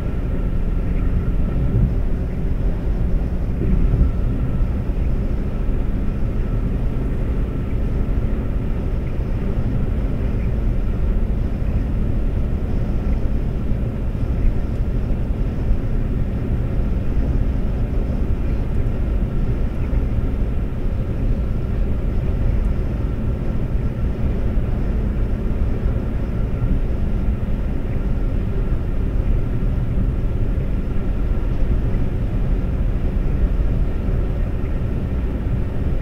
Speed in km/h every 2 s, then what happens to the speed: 122, 122, 122, 122, 122, 122, 122, 122, 124, 124, 124, 124, 124, 126, 124, 124, 124, 124.
0-36 steady at about 124.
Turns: none.